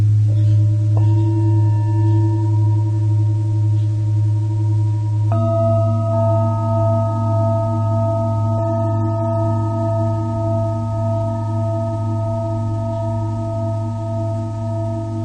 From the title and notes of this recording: Tibetan Singiing Bowl のサウンドヒーリングチャンネル LIVE.